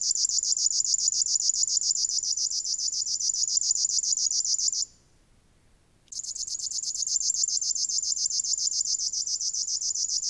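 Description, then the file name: River warbler song, a fast mechanical pulsing buzz like a cricket, stopping for about a second midway, then resuming at the same rhythm. "Strumieniowka"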